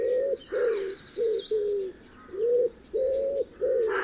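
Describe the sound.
Wood pigeon cooing, a run of short, soft, hollow low notes in quick succession with brief gaps, while small birds chirp and twitter higher up in the background.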